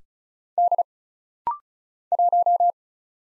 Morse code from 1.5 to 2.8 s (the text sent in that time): 1